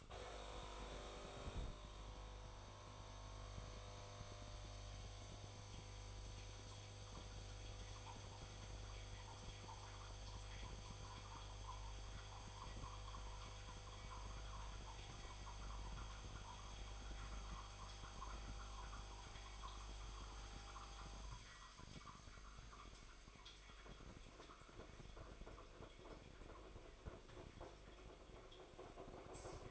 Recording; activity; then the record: daily activity, microphone in the room; make coffee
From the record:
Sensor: 5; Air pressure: 1004.4 hPa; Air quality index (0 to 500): 171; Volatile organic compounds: 4 ppm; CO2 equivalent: 1611 ppm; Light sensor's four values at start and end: 38/119/45/45 and 38/118/44/45